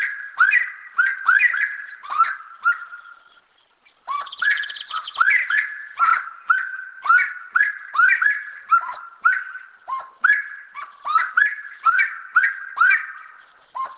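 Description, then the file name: Wood rail calls: harsh rhythmic notes, a brief lull near three and a half seconds, then a rattling burst and renewed loud repeated calling to the end. "Saracura"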